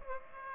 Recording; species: mosquito wingbeat signal from an infrared sensor; Aedes aegypti